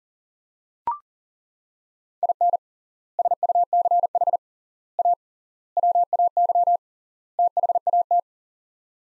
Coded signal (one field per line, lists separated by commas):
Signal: Morse code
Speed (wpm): 37 wpm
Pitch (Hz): 700 Hz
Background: none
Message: IN SUCH A WAY THAT